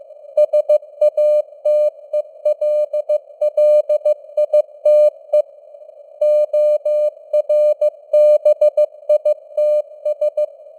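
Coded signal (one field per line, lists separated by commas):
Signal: Morse code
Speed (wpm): 15 wpm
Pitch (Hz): 600 Hz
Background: none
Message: SATELLITE ORBITS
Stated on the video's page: Computer-generated 15 wpm Morse news headlines with simulated radio noise and varying signal strength (QSB).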